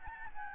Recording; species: mosquito wingbeat signal from an infrared sensor; Aedes albopictus